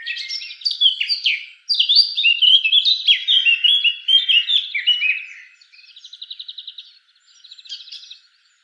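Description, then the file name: Eurasian blackcap song: rich, rapid warbled phrases of varied whistles sliding between notes, then quieter buzzy rattling trills near the end. "Sylvia atricapilla"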